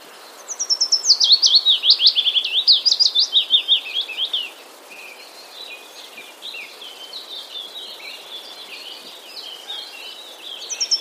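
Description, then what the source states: Willow warbler delivers a descending cascade of fast, clear notes for about four seconds, then birds chatter softly until a fresh phrase begins at the end. Recorded in Wroblowe, Poland, on 3 May 2014.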